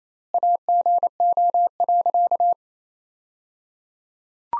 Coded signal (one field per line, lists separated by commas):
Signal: Morse code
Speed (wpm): 28 wpm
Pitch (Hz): 700 Hz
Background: none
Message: AGO.